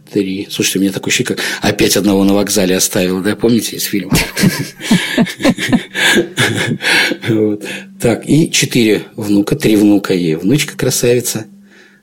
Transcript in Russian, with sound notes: Слушайте, у меня такое ощущение, что «опять одного на вокзале оставил» — помните, да, из фильма? (Смеется.) Так... И четыре внука... Три внука и внучка-красавица.